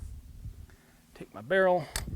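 A barrel is handled as it is reinstalled into a light machine gun receiver with the barrel latch held open, while someone talks. Faint handling noises come at about 0.7 s and 1.2 s, but nothing has seated or clicked yet when the clip ends.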